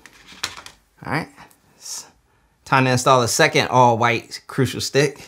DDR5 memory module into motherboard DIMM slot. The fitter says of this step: you want to press and apply pressure until you hit that nice Click Boom